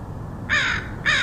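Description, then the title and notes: Crow giving two harsh caws, the second cut off, over a low background hum. Crows recorded in Portland, Oregon, August 2003. "Crows of Portland. Crows recorded by Dan Bodah in Portland, OR, August 2003"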